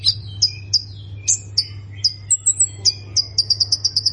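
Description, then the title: Plain prinia song made of spaced high sweeping chips, a short thin high phrase, then a quickening run of rapid buzzy notes; low hum in the background. "Ciblek Sawah"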